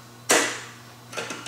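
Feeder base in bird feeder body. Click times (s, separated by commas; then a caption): 0.3 s. The plastic base of a Droll Yankees Yankee Flipper bird feeder is twisted counterclockwise against the feeder body. A sharp, bright click sounds at 0.3 s and fades over the next half second, followed by a few softer handling sounds near the end. The twist-lock clicks open and the base is released from the feeder body.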